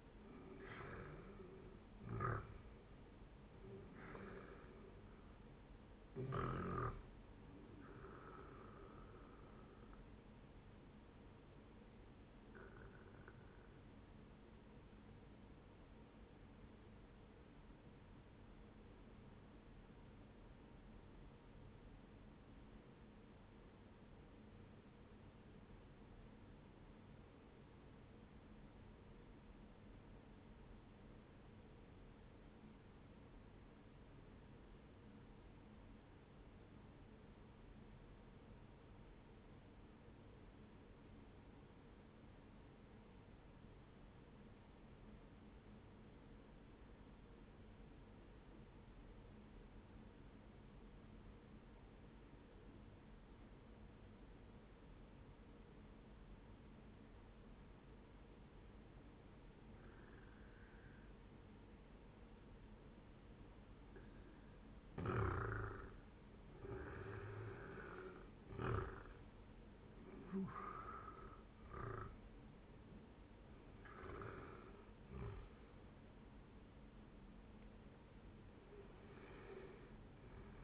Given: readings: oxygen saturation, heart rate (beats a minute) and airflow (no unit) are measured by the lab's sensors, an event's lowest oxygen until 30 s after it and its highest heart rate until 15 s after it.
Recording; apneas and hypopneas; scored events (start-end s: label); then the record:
breathing in sleep by a voice recorder at the bedside; 1
14.00-63.60 s: obstructive apnea (N1, oxygen 98% highest, then 92% lowest, heart rate 67 at the start, 79 highest)
28.00-58.00 s: new sleep stage, N2 (light sleep)
58.00-80.64 s: new sleep stage, awake
60.00-80.64 s: awake
From the record:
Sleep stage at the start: N1 (lightest sleep); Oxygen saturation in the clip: 91 to 98%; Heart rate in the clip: 57 to 80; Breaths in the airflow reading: 6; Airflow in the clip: -11.1 to 15.0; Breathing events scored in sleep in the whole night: 131 in 7.2 hours asleep